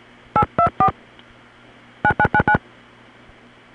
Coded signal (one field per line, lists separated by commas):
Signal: DTMF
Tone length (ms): 80 ms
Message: 824 9999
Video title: Early 80s pgm. 13: Odd Ring Tones, A Remote New York City Dialtone, Time Announcements, 1981 - 1983